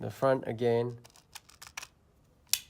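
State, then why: Seated. A VuIR Boson thermal camera fixed mount is slid forward from the front onto a drone body while someone talks. A few small ticks and scrapes sound between 1.3 and 1.8 s, then a sharp, bright click at 2.5 s as the mount seats into place.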